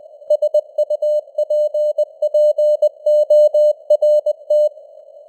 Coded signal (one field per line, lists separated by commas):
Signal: Morse code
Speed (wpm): 20 wpm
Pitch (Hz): 600 Hz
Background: none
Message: SUPPORT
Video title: Morse Code News | 2026-01-13 | 20wpm